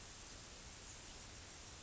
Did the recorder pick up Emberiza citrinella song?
no